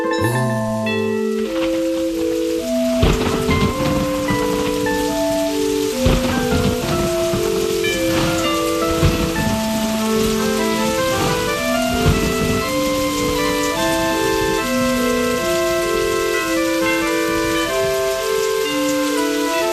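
Heavy rain pours in a steady, loud hiss, broken by several sharp thunder cracks, while a slow melodic tune plays over the downpour throughout.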